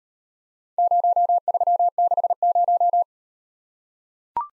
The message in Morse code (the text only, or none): 0360